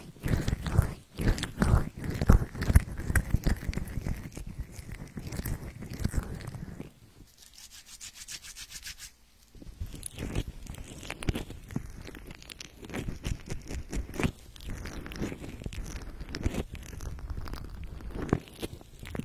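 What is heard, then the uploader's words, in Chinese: An ear massage, with dense crackling and rubbing sounds that crunch and scrape continuously. Around seven seconds the rubbing drops away to a quiet stretch of fast, light ticking, then the crinkly massage sounds return and carry on to the end. 耳朵按摩。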